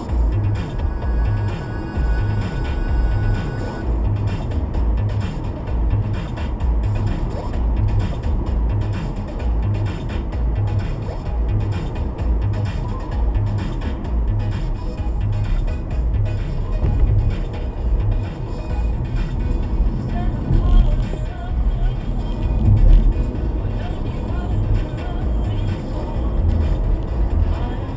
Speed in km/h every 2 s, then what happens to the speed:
79, 82, 81, 77, 74, 74, 68, 61, 64, 63, 61, 64, 69, 74.
4-13 slows to 61. 13-21 steady at about 61. 21-28 speeds up to 74.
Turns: none.